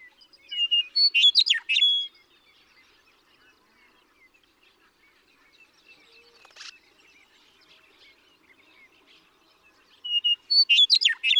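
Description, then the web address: Western meadowlark song: two loud, bubbling whistled phrases about nine seconds apart, with quiet chirping in between. "birdsongforthecurious Western Meadowlark"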